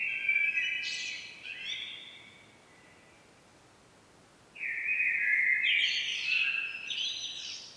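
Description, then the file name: Common blackbird song: a fluty, rolling phrase with a squeaky high tail, silence for about two seconds, then a louder mellow phrase breaking into twittering. "Turdus merula"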